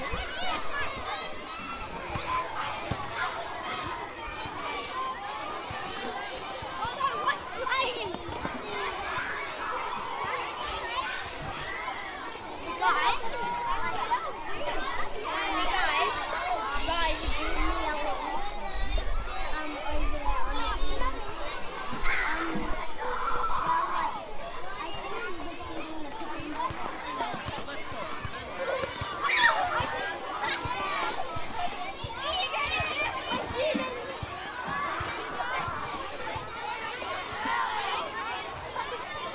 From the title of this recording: Schoolyard Children Playing